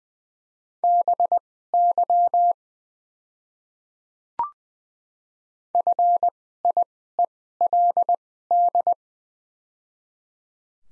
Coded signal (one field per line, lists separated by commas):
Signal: Morse code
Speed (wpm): 20 wpm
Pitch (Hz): 700 Hz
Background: none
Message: BY FIELD